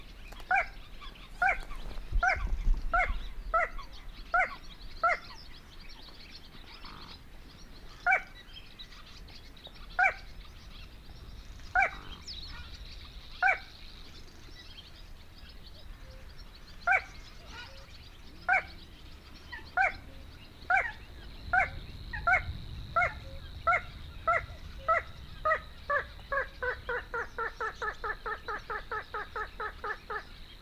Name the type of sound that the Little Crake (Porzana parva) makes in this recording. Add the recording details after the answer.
song. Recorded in the wild. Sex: male. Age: adult. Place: Kützerhof, Kummerower See, Mecklenburg-Vorpommern, DE. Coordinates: 53.8556, 12.8639. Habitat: wetland. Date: 2010-06-07 21:24. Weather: light rain shower, 15°C, weak westerly winds. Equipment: Sound Devices 702, Sennheiser MKH 70, Rycote Windschutz. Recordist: Frommolt, Karl-Heinz. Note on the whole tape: Polder Kleine Rosin: Gesang eines Kleinen Sumpfhuhnes. Entfernung 20 m